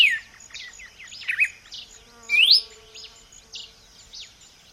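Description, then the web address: Red-cowled cardinal singing a few sharp whistled notes, one a strong rising slur, with a steady shrill insect drone behind. "vocs paroaria dominicana"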